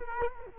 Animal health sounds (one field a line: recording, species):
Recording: mosquito wingbeat signal from an infrared sensor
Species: Culex quinquefasciatus